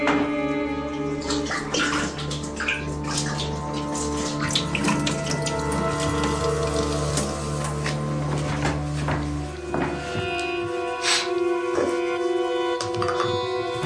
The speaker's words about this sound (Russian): достал из холодильника бутылку Байкала, вылил газировку